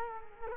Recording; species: mosquito wingbeat signal from an infrared sensor; Culex quinquefasciatus